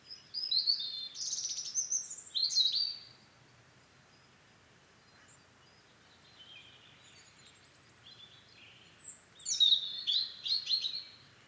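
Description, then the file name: European robin song: two bursts of high, tumbling, twittering phrases separated by a quiet stretch with faint thin notes. "Erithacus rubecula"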